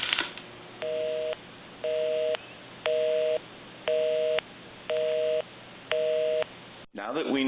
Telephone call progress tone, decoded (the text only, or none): busy tone